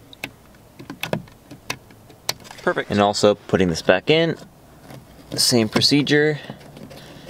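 An interior light lens or housing on a BMW E90/E91, fitted with an LED kit, is being put back into the plastic interior trim using the same procedure. Sharp plastic handling ticks come early and again at the very end while someone talks. Nothing has seated or clicked into place yet.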